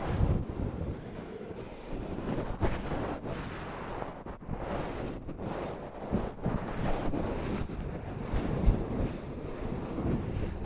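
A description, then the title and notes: Soft fabric brushes against a microphone in a dense, continuous rustle, heavy in the low end and rumbling like wind on a mic. Brighter swipes flare up every second or so, with brief dips near four and six seconds before the scrubbing resumes. ASMR Mic Brushing using Soft Fabric (No Talking).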